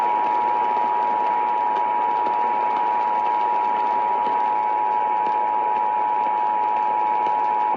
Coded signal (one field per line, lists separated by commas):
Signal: Emergency Alert System (SAME) tones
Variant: 853 and 960 Hz attention tone